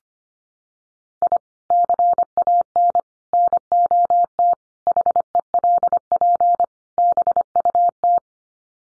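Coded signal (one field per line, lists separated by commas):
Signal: Morse code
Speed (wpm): 25 wpm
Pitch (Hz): 700 Hz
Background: none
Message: I CAN NOT HELP BUT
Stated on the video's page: Morse word-group drill of five-word English n-grams at 25 wpm for head-copy practice.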